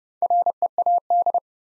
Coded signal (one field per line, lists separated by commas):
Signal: Morse code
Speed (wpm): 30 wpm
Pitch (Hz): 700 Hz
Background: none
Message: READ